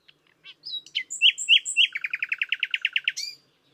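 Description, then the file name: Common nightingale song phrase: a few sharp notes, three whistles, then a fast run of many repeated notes ending in a brief flourish. "Luscinia megarhynchos"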